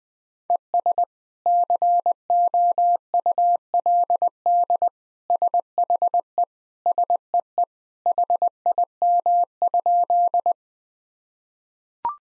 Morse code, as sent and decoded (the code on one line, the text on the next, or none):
. ... / -.-. --- ..- .-.. -.. / ... .... . / ... . . / .... .. -- ..--..
ES COULD SHE SEE HIM?